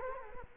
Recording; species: mosquito wingbeat signal from an infrared sensor; Culex quinquefasciatus